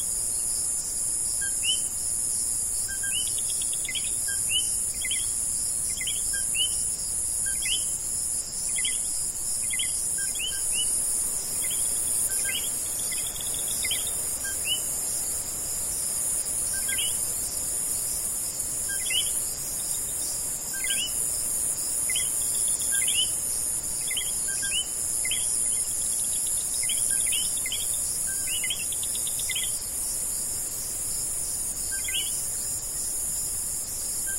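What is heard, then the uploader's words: Jungle frogs and buzzing insects at night. A dense, unbroken high insect drone fills the whole scene, while frogs chirp in quick, bright clusters every second or so throughout. The overall level stays steady. The lush tropical rainforests of the world, where you can hear the soothing sounds of jungle frogs and buzzing insects. As the sun sets and the night falls, the jungle comes alive with a symphony of singing frogs.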